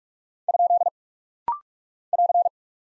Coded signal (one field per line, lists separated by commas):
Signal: Morse code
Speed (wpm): 42 wpm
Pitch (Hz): 700 Hz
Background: none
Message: ? <AR>